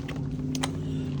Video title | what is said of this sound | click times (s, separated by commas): DC QUICK CHARGER Step By Step for an EV or EUV BOLT | hook it up right there it snap in place | 0.6 s